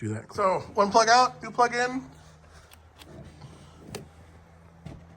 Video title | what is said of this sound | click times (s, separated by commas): 2007 Honda Accord 2.4 Misfire-plugs and coils and ??? | Coil on, plug installed, and clicked in place. | 3.9 s